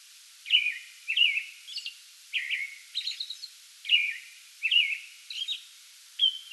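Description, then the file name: American robin delivering whistled caroling phrases in a loose rhythm, mixed with thin high squeaks, faint background hiss. Pre-dawn song bout recorded 8 May 2022. "2022-05-08 American Robin pre-dawn song bout"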